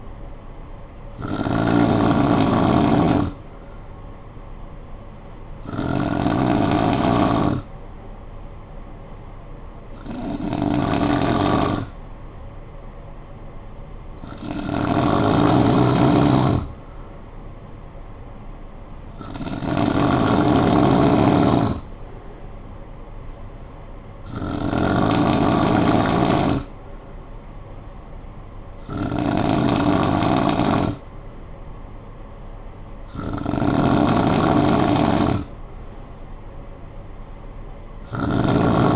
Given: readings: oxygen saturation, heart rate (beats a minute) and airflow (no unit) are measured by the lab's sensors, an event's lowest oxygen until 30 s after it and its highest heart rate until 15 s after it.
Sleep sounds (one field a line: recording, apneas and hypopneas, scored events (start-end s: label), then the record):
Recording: breathing in sleep by a smartphone at the bedside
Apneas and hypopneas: none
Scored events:
31.00-38.96 s: new sleep stage, N3 (deep sleep)
From the record:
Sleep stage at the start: N2 (light sleep)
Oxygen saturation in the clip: 91 to 95%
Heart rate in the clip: 53 to 58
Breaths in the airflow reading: 8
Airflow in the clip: -9.6 to 4.6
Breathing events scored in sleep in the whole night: 445 in 7.6 hours asleep